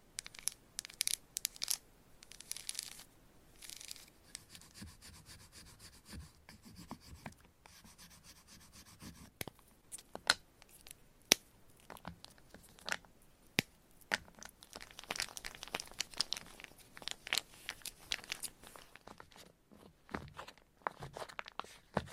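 Fast, uneven scratching and rubbing with sharp tapping clicks scattered throughout, bright and crinkly, with brief quieter pauses around five and twelve seconds.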